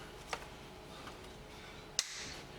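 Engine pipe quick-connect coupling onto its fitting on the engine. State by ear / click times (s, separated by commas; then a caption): seated / 2.0 s. During a service on a 2005 Land Rover Freelander 2.0 diesel, the first, internal engine pipe quick-connect coupling is pushed onto its fitting on the engine. A faint tick at 0.3 s is followed by a sharp, loud click at 2.0 s as the connector seats onto its fitting.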